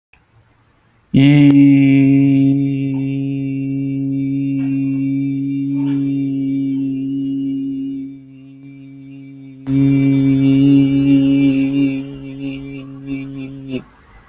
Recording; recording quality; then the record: sustained vowel as in beet; excellent, no background noise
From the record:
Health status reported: healthy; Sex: male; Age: 30 years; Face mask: not worn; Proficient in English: yes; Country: India